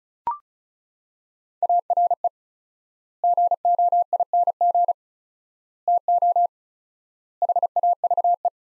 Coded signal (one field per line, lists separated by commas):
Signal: Morse code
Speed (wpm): 34 wpm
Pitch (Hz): 700 Hz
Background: none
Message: ARE GOING TO HAVE